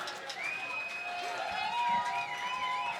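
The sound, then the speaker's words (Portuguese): An audience at a Grito Rock Bauru 2011 concert cheers and applauds the bass player steadily for a few seconds, with long, wavering whistles riding over the dense crowd noise and voices mixed in. “Palmas para ele, coitado, tá se acabando aqui no baixo.”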